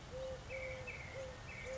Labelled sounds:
Eurasian Collared Dove (Streptopelia decaocto)
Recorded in Sonoma County, California

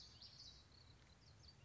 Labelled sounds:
Common Yellowthroat (Geothlypis trichas)
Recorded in Sonoma County, California

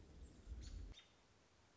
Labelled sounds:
American Robin (Turdus migratorius)
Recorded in Sonoma County, California

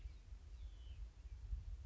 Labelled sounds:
Hutton's Vireo (Vireo huttoni)
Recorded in Sonoma County, California

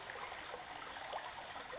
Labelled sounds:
Western Flycatcher (Empidonax difficilis)
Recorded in Sonoma County, California

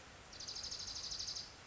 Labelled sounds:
Dark-eyed Junco (Junco hyemalis)
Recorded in Sonoma County, California

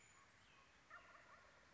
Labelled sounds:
Wild Turkey (Meleagris gallopavo)
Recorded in Sonoma County, California

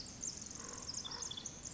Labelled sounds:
Pacific Wren (Troglodytes pacificus)
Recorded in Sonoma County, California

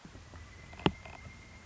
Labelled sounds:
Pileated Woodpecker (Dryocopus pileatus)
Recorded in Sonoma County, California

